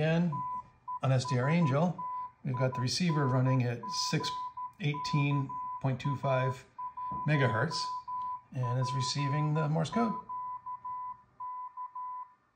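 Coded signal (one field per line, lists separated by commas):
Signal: Morse code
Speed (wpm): 13 wpm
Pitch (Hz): 1000 Hz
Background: speech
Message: TESTING KA1PQK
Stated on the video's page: Morse on 10 GHz from a minimal full-duplex transceiver using the ADALM-Pluto's 3rd harmonic and a Ku-band LNB, with a connector as stub antenna.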